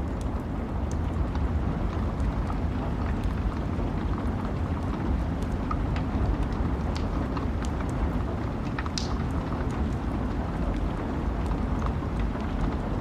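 A campfire crackles with scattered sharp pops over a steady, low wind rumble, with one brighter snap near the nine-second mark.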